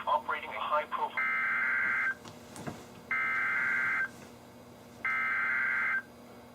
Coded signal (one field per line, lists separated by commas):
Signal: Emergency Alert System (SAME) tones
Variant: header bursts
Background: speech